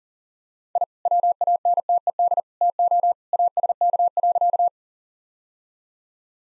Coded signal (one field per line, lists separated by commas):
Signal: Morse code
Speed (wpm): 37 wpm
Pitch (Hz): 700 Hz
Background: none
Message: I WANTED TO ASK.